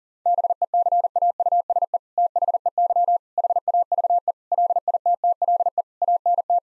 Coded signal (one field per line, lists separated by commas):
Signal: Morse code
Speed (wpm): 40 wpm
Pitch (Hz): 700 Hz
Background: none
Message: BECAUSE THEY HAVE LITTLE ANT